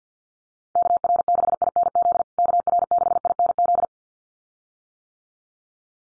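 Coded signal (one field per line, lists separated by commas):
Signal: Morse code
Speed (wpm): 50 wpm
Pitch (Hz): 700 Hz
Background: none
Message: KR6INZ KR6INZ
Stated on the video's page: Call sign head-copy drill at 50 wpm, each call sign sent twice in Morse, then spoken, then sent again.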